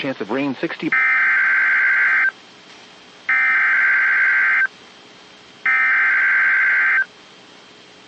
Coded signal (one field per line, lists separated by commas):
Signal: Emergency Alert System (SAME) tones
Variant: header bursts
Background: speech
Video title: EAS Catch #1: (EAS) Severe Thunderstorm Warning